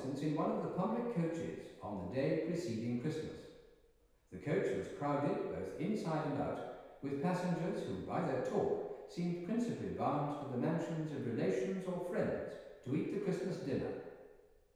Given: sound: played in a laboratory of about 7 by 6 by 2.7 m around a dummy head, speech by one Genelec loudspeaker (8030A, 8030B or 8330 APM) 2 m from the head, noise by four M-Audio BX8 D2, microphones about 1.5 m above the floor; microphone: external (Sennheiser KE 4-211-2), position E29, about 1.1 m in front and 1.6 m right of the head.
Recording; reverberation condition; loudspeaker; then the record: male speech in English; high; 30 degrees to the left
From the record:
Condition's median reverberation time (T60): about 1300 ms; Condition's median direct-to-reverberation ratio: about -4.0 dB